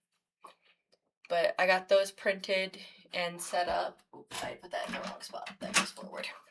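A 3D-printed magnetic storage bin is handled as it is moved toward its correct spot on its base, with a brief faint tap near 0.5 s before someone talks. The clip ends before the bin goes home, so nothing has seated or clicked into place yet.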